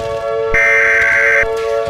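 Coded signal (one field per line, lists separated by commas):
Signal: Emergency Alert System (SAME) tones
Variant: header bursts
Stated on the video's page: Fictional WW3 EAS scenario, not a real alert.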